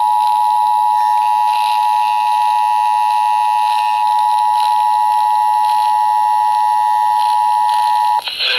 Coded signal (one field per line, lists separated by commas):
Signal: Emergency Alert System (SAME) tones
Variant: 853 and 960 Hz attention tone